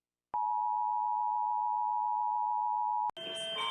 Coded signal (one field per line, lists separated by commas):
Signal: Emergency Alert System (SAME) tones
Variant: 853 and 960 Hz attention tone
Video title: Rating emergency alert systems